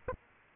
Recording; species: mosquito wingbeat signal from an infrared sensor; Aedes aegypti